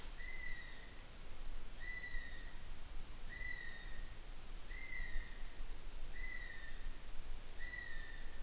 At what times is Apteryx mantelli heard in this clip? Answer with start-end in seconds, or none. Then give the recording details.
0.00-8.42. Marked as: faintness 2/5. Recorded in New Zealand on 8 June 2014. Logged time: 02:19